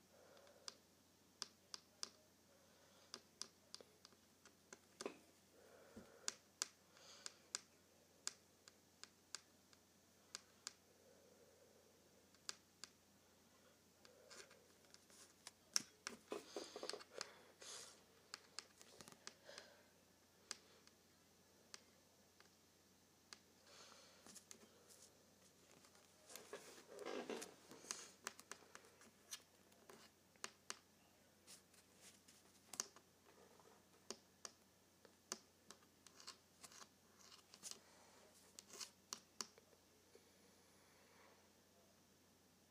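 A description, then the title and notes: A paperclip taps on a tabletop, the clicks sharp and bright, coming in irregular bursts rather than a steady rhythm. Dense clusters gather around the middle and near the end. A faint, low hum sits underneath throughout. ASMR Tapping a Paperclip on my Table.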